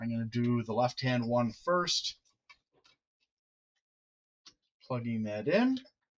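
A modular power supply cable plug is being handled for insertion into the power supply socket with its lock facing up, while someone talks. Brief faint ticks occur during a quiet gap around 2.9 s and 4.5 s before the talking resumes. The clip ends before the part goes in, and nothing has seated or clicked yet.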